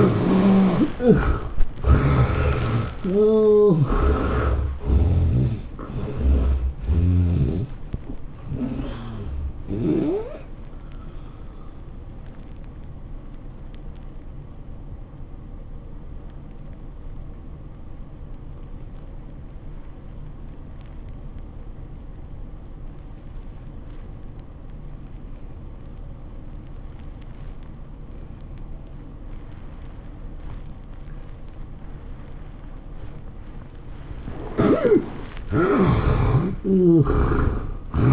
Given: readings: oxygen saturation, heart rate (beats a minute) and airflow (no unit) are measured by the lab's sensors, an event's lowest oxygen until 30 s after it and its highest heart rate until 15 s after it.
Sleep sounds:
breathing in sleep by a smartphone at the bedside; 1
6.00-38.13 s: new sleep stage, N1 (lightest sleep)
11.00-33.90 s: hypopnea (N1, oxygen 91% highest, then 73% lowest, heart rate 113 at the start, 113 highest)
From the record:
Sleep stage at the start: N2 (light sleep); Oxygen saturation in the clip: 64 to 91%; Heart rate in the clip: 91 to 115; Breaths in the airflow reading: 7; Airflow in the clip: -14.5 to 13.8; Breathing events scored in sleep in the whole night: 403 in 5.5 hours asleep

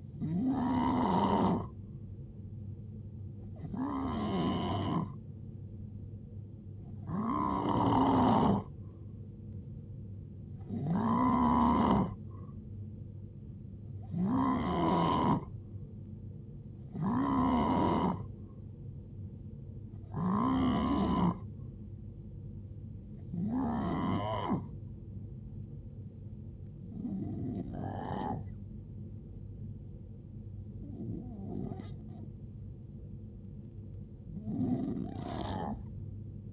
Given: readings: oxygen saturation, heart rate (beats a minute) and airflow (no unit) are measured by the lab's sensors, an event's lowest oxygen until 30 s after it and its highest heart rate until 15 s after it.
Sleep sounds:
breathing in sleep by a smartphone at the bedside; none
none scored
From the record:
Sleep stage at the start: N2 (light sleep); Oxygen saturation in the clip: 90 to 91%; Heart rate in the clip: 59 to 75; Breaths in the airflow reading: 11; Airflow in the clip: -6.4 to 5.6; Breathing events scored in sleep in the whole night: 389 in 6.3 hours asleep

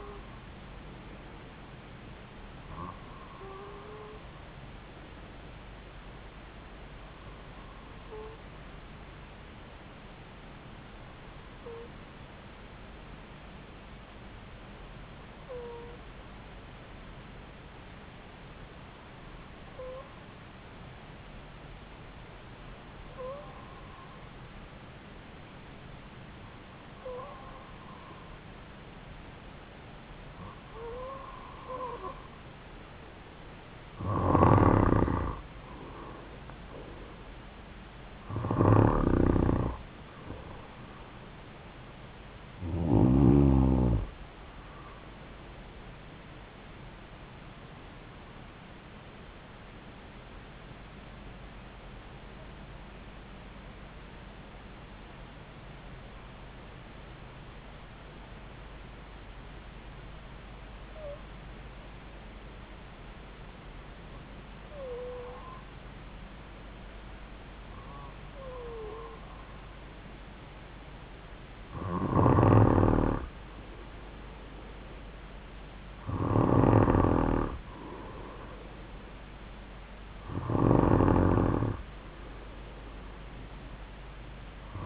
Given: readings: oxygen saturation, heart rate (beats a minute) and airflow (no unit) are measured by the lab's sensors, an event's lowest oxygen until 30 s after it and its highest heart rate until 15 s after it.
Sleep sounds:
breathing in sleep by a voice recorder at the bedside; 2
8.00-31.20 s: hypopnea (N2, oxygen 96% highest, then 91% lowest)
48.00-68.30 s: hypopnea (N2, oxygen 96% highest, then 91% lowest)
From the record:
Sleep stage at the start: N2 (light sleep); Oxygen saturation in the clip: 91 to 96%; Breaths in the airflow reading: 21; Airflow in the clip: -5.4 to 6.3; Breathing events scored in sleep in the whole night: 270 in 6.1 hours asleep

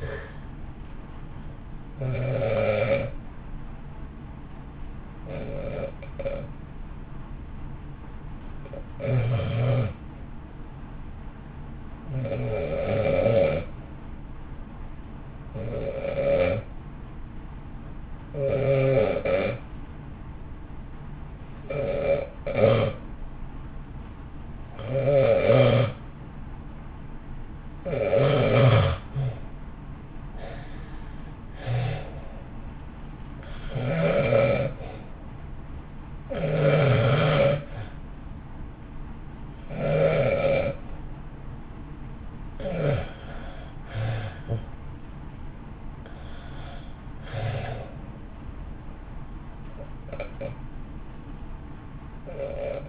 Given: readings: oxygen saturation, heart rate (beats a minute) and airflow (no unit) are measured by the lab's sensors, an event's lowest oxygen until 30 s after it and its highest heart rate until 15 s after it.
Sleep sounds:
breathing in sleep by a smartphone at the bedside; 1
12.00-30.70 s: hypopnea (REM, oxygen 93% highest, then 81% lowest, heart rate 51 at the start, 62 highest)
From the record:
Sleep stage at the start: REM sleep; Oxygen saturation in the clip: 74 to 94%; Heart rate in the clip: 51 to 62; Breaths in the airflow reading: 15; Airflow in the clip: -1.3 to 1.1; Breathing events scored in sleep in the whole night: 328 in 6.3 hours asleep

